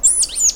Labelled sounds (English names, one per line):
Stitchbird song